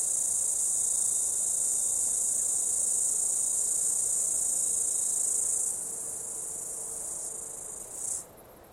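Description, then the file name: Cicada call: a sustained, intense high buzz that drops in loudness partway through, swells briefly once more, then cuts off abruptly. Australian cicada call, stereo. "INSECTS CIDADAS AUSTRALIAN CALL"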